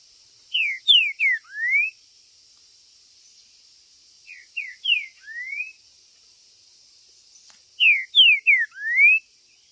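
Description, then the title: Green-winged saltator singing three short phrases of clear whistled slurs, mostly falling and ending in a rising note, repeated roughly every three and a half seconds over constant high-pitched hiss. Singing, chirping and male territorial display (macheando) in a dispute between birds; meant to excite a listener's own saltator into singing. "Para ESQUENTAR Seu TRINCA Piando, Cantando E Macheando Na DISPUTA. TRINCA FERRO Cantando e MACHEANDO!!"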